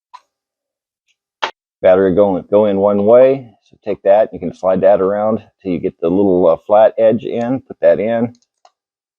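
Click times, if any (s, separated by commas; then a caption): 8.6 s. Someone talks while lining up the flat edge of a lithium battery and pushing it into the bottom of the handle of a Ryobi FVD51K multi-head cordless screwdriver, with a sharp click near 1.4 s. A soft click at 8.7 s marks the battery snapping into place, seated.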